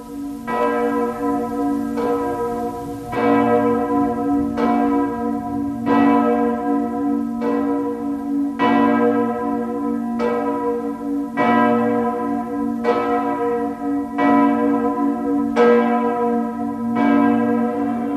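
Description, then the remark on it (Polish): Church bells in Antwerp, including those of St. Paul's church, ring out in a steady, loud peal to mark a birth, each strike landing about every second and a half with rich, humming overtones that blend into a continuous drone. No voices. “Życzenia nasze niechaj przekażą ci dzwony. Zaczynaj, Antwerpio.”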